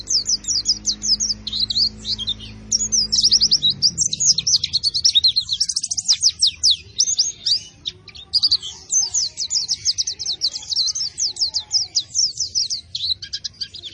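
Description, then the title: White-eye twittering song, a long run of rapid high chirps and warbled trills; a low steady hum is heard during the first few seconds. Vigorously singing ('gacor') bird, said to be fed only banana and given no doping. "Pleci Gacor Tanpa Doping Hanya Pake Pisang"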